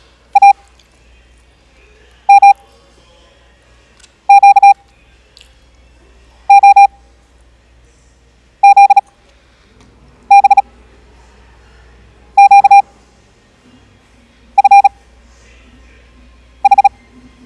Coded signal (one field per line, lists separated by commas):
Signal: Morse code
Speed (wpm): 36 wpm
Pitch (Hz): 800 Hz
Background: none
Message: A M Q O Z B Q F H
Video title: 18 wpm morse code practice